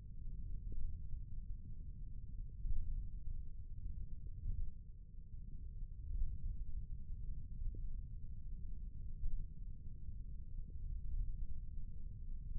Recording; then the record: forearm muscle sounds (acoustic myography)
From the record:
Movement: thumb flexion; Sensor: system 1, eight BSWA MPA416 microphones around the upper forearm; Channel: 1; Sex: male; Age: 20 years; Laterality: left